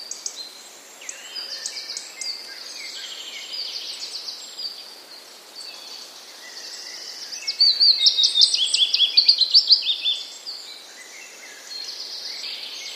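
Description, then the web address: Willow warbler song: a loud, slightly descending run of sweet, quick notes lasting about two and a half seconds, set against a busy chorus of other twittering songbirds. Recorded on 12 April 2009. "wroblowe kontra piecuszek 12 04 2009"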